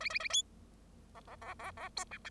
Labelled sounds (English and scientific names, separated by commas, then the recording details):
Bengalese Finch (Lonchura striata domestica) song
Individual Bird0